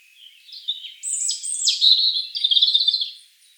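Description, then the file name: European robin singing a sweet, high, liquid phrase: a faint opening note, then sliding whistles and a rapid, slightly buzzy trill near the end. "Erithacus rubecula"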